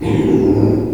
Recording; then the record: squeal of a Yucatan mini pig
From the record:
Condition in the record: before surgery on the right vocal fold (resection and tissue-engineered implant); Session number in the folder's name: 1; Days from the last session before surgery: -3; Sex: male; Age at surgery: 12 weeks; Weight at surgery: 13 kg